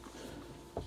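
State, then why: Released. The gear selector knob on the automatic gear lever of a Range Rover L322 TD6 is gripped with both hands and pulled straight up off the lever. Low background noise gives way to a single short, sharp sound at 0.8 s as the knob comes free and releases.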